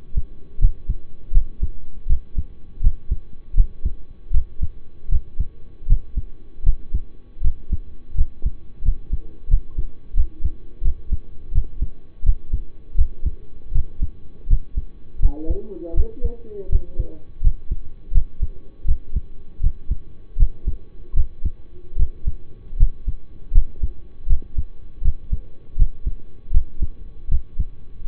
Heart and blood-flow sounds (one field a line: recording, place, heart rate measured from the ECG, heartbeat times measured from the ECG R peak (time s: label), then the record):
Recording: heart sounds by stethoscope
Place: between the tricuspid and mitral areas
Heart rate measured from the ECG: 81 bpm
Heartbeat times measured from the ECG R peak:
0.59 s: heartbeat
1.32 s: heartbeat
2.07 s: heartbeat
2.81 s: heartbeat
3.54 s: heartbeat
4.31 s: heartbeat
5.09 s: heartbeat
5.87 s: heartbeat
6.63 s: heartbeat
7.41 s: heartbeat
8.15 s: heartbeat
8.82 s: heartbeat
9.48 s: heartbeat
10.14 s: heartbeat
10.82 s: heartbeat
11.52 s: heartbeat
12.23 s: heartbeat
12.95 s: heartbeat
13.72 s: heartbeat
14.47 s: heartbeat
15.20 s: heartbeat
15.94 s: heartbeat
16.69 s: heartbeat
17.41 s: heartbeat
18.12 s: heartbeat
18.85 s: heartbeat
19.60 s: heartbeat
20.37 s: heartbeat
21.14 s: heartbeat
21.96 s: heartbeat
22.77 s: heartbeat
23.52 s: heartbeat
24.27 s: heartbeat
25.02 s: heartbeat
25.76 s: heartbeat
26.51 s: heartbeat
27.29 s: heartbeat
28.05 s: heartbeat
From the record:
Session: rest, lying down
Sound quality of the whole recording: partially saturated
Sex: male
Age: 25 years